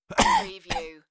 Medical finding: Male Cough.